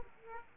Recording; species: mosquito wingbeat signal from an infrared sensor; Aedes aegypti